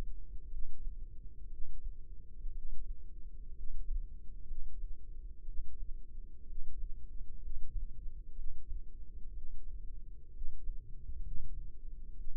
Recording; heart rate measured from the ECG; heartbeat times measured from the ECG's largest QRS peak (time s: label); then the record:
heart sounds by microphone in the left ear; 62 bpm
0.47 s: heartbeat
1.47 s: heartbeat
2.51 s: heartbeat
3.51 s: heartbeat
4.44 s: heartbeat
5.42 s: heartbeat
6.43 s: heartbeat
7.38 s: heartbeat
8.32 s: heartbeat
9.31 s: heartbeat
10.29 s: heartbeat
11.19 s: heartbeat
12.13 s: heartbeat
From the record:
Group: healthy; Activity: rest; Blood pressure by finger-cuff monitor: 105/66 mmHg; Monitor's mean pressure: 77 mmHg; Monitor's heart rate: 61 bpm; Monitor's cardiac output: 5.1 L/min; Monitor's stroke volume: 83 mL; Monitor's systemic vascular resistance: 1090 dyn s/cm5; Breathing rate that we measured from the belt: 17 breaths a minute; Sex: female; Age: 22 years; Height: 171 cm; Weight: 65.6 kg